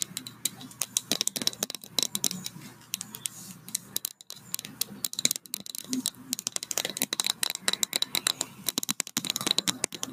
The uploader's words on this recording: Tapping and brushing sounds. The types of brushes I used where new paint brushes that sounded amazing!